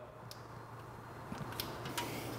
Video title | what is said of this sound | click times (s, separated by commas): How To Remove a Vespa Fuel Tank | makes a little click | 1.6 s